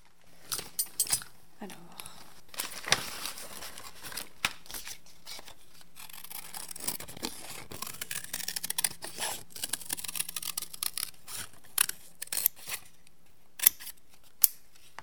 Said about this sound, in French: Donc, ça serait une forme d'aile. Donc, c'est ce que vous faites en ce moment. Voilà. Ensuite, je prends des ciseaux et je découpe ma forme. C'est parti.